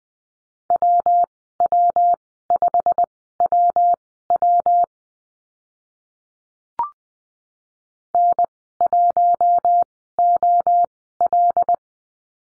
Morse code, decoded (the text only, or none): WW5WW N1OL